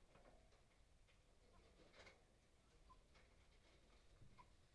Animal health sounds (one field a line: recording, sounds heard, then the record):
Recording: poultry house recording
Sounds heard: healthy chickens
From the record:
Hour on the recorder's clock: 13